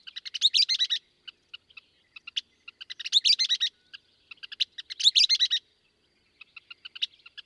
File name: Western Kingbird